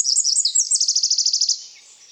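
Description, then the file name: Eurasian wren song: a shrill, high phrase of quick warbling notes running into a fast, even trill of about a dozen rapid pulses, then stopping abruptly. "Troglodytes troglodytes"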